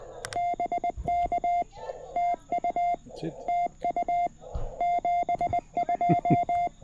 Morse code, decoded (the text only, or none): BK TU TU 72